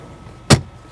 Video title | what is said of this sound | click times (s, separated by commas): TOV Video: 2016 Honda Pilot Walkaround with Marc Ernst | locks into place in the lower position for maximum storage capability | 0.5 s